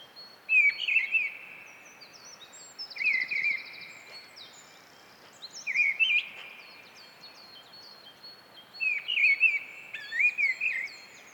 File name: British Library - Mistle Thrush Turdus viscivorus